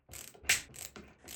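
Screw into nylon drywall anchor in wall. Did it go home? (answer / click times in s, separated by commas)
yes / 0.5 s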